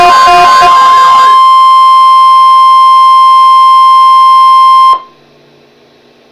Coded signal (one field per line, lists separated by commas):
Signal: Emergency Alert System (SAME) tones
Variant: 1050 Hz attention tone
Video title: Severe Thunderstorm Watch - EAS #647